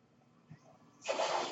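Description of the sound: Near-silence with a faint low hum, then a sudden loud airy rush of hiss about one second in that continues to the end: the air delivery of a home mechanical ventilator giving a breath.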